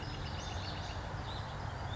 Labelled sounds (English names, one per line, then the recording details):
Western Flycatcher
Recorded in Sonoma County, California